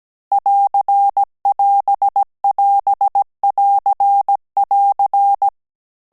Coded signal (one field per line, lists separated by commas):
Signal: Morse code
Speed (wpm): 17 wpm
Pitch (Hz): 800 Hz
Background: none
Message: <AR><AS><AS><AR><AR>